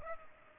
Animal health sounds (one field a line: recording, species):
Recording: mosquito wingbeat signal from an infrared sensor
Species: Culex pipiens